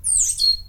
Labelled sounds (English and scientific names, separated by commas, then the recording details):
Stitchbird (Notiomystis cincta) song
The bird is a male
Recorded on Tiritiri Matangi Island, New Zealand, in 2005
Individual 22, of nest box 31